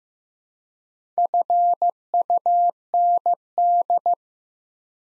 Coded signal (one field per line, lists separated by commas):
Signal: Morse code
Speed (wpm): 15 wpm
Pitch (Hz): 700 Hz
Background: none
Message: FUND